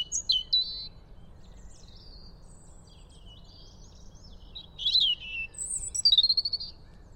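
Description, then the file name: European robin song in scattered bursts: brief high thin notes early, a quiet pause, then fast twittering phrases and a high trill near the end. "Erithacus rubecula"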